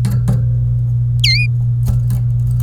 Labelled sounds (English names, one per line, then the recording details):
Domestic Canary song
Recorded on 25 April 2018 at 11:54
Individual llb3